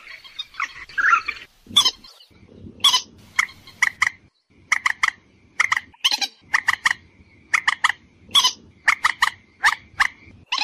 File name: Tieng trich re keu cuc chuan